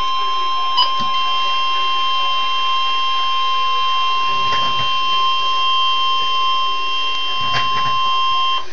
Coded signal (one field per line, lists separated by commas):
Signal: Emergency Alert System (SAME) tones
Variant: 1050 Hz attention tone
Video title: EAS Alert #102